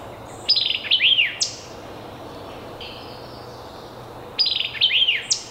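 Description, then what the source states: White-eyed Vireo song: an emphatic phrase of clipped notes and a swooping whistle, given twice about four seconds apart, with steady background noise. Song is quite variable; species prefers thickets and dense vegetation and is a persistent, loud songster; third of three example songs.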